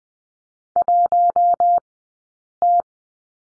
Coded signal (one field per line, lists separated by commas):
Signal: Morse code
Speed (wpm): 20 wpm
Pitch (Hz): 700 Hz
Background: none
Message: 1 T